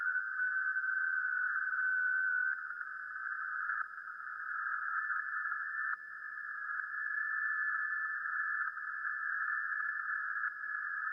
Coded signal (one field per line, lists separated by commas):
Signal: FT8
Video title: 2025-06-17 1800-2359 - Playing Music - Radio - Trailer Updates